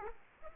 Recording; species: mosquito wingbeat signal from an infrared sensor; Aedes aegypti